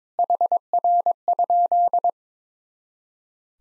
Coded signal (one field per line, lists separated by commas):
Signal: Morse code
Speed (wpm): 22 wpm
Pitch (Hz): 700 Hz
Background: none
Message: HR?